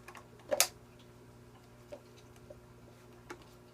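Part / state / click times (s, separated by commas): plastic filter component into aquarium canister filter / seated / 0.5 s, 0.6 s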